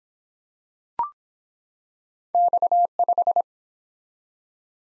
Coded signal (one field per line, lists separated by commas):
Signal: Morse code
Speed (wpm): 24 wpm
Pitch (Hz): 700 Hz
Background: none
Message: X5